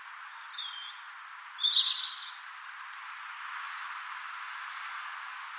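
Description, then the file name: European robin singing a short, high, sweet phrase that dips and flickers, then fades into faint high ticks over a constant hiss. "Erithacus rubecula"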